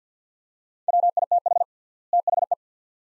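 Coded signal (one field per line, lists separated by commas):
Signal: Morse code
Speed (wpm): 50 wpm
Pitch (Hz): 700 Hz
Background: none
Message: WITH THE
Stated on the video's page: Morse practice of two-word sets at 50 wpm with 3x word spacing, a word-level analogue of Farnsworth.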